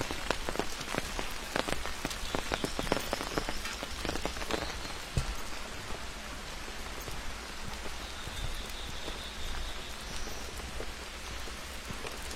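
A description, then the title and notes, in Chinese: A walk along a forest trail in the rain: steady dense patter with many sharp drop taps, busier in the first five seconds, and brief higher tones near eight and ten seconds. 在雨中沿着森林步道漫步。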